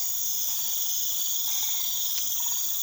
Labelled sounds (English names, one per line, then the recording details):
none
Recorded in pastures near Puerto Asís, Putumayo, Colombia, on 4 March 2025 at 23:00
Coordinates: 0.487, -76.322
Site G077